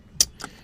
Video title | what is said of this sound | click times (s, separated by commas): Seatbelt won't buckle: How to fix it yourself! | then we heard the click and this locks it in | 0.2 s